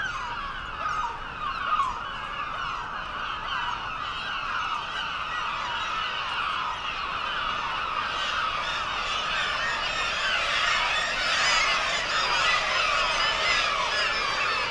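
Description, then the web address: Black-legged kittiwakes calling together in a dense, unbroken colony chorus of harsh nasal cries. "sound Black-legged-kittiwake. صدای-پرنده-کاکایی-پاسیاه"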